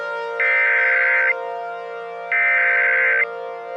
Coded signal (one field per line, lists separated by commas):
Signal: Emergency Alert System (SAME) tones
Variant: header bursts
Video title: BP Assault (EAS Scenario)